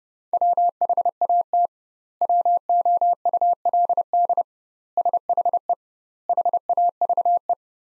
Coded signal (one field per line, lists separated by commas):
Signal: Morse code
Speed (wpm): 32 wpm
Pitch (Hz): 700 Hz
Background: none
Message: WHAT WOULD SHE HAVE